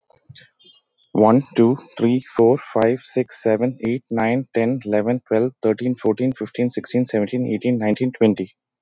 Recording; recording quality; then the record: counting at a fast pace; excellent, no background noise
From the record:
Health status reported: healthy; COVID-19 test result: not tested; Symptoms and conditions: none ticked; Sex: male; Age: 36 years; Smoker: not ticked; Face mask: not worn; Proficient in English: yes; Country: United States